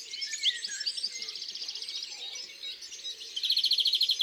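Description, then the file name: European greenfinch song: dense twittering over a hissy background, ending in a loud, even trill of rapid repeated notes. In the countryside. "Verdier-d Europe-Chants-doiseaux-dans-la-campagne"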